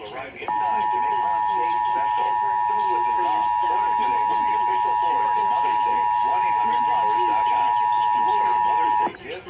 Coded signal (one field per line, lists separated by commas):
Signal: Emergency Alert System (SAME) tones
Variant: 853 and 960 Hz attention tone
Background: speech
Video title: EAS #8-10 Required Monthly Test on WBBM-AM, WGN-AM, WLS-AM